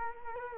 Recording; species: mosquito wingbeat signal from an infrared sensor; Culex quinquefasciatus